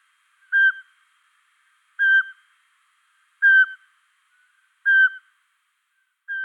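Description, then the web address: Eurasian pygmy owl giving its song, clear monotone whistled toots spaced evenly about every one and a half seconds, with a faint softer note between two of them. Recorded in Luxembourg. "Sperlingskauz. rapaces-nocturnes-au-luxembourg chevechette-d-europe"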